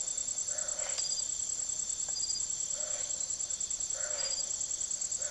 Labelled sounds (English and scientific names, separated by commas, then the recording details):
none
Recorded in secondary vegetation near Puerto Asís, Putumayo, Colombia, on 19 June 2025 at 05:00
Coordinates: 0.489, -76.322
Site G021